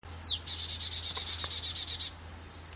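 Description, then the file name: Marsh tit call: a sharp high descending note followed by a fast series of many buzzy repeated notes, ending in a thin high tone. "Poecile palustris"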